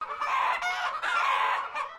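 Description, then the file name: Chicken squawking: a few harsh, noisy squawks run together over two seconds, loud and broad with a wavering pitch. Japanese chickens squawking. "BIRD CHICKENS JAPANESE SQUWARKING"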